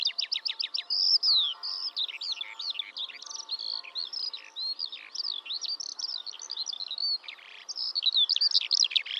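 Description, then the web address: Bird singing a rapid stream of varied chirps: a quick series of falling notes at first, then twittering whistles and slurred phrases. "Bird Only"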